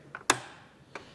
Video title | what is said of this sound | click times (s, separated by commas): 11 - Medicine Bags - Fawn Meshake | and and when you slap this in there you'll hear it click | 0.3 s